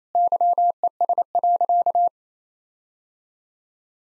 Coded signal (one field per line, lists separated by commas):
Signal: Morse code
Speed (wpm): 27 wpm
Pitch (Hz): 700 Hz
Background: none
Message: YES.